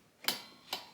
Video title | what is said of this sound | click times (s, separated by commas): How To Maintain Your Craftsman M230 Push Mower WITH PART NUMBERS | push it on when till you hear it click. | 0.3 s